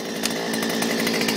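A gas-powered Stihl BT 121 one-person earth auger power head idles with a steady engine drone while its clutch engagement lever is pushed to engage, with the smaller auger bit fitted for drilling 4x4 fence post holes. A sharp pop at 0.3 s rises over the idle as the lever snaps into the engaged position, and the clutch is confirmed engaged.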